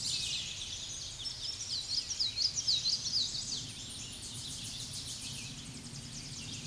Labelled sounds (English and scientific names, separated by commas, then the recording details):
Tennessee Warbler (Leiothlypis peregrina) song
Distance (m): 30 m
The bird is about 5 m above the microphone
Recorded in a Pennsylvania forest on 16 May 2024 at 07:13
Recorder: AudioMoth, point MSD-2306
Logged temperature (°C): 15.6 °C
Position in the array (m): 83 m, 63 m